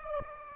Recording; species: mosquito wingbeat signal from an infrared sensor; Aedes aegypti